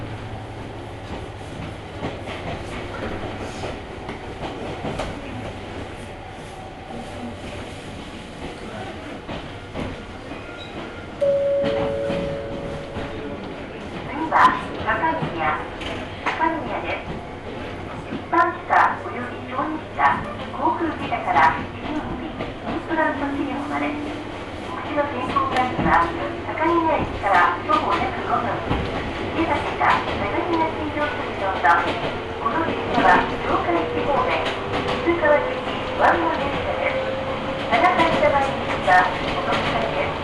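Inside an Ohmi Railway train, a steady low rumble with rattling clicks, voices after eleven seconds, and a motor whine rising in pitch near the end.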